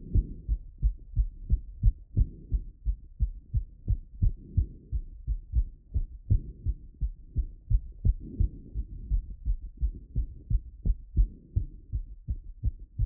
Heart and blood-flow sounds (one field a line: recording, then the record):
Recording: heart sounds by stethoscope after running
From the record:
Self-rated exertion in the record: vigorous exertion (4 of 6)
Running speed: 7 mph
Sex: male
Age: 31 years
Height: 178 cm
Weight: 72 kg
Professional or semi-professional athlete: no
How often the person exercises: 3 to 5 times a week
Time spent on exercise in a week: 2 to 3 hours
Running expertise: yes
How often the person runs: 3 to 5 times a week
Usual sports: running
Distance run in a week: 5 km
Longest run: 10 km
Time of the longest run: 65 minutes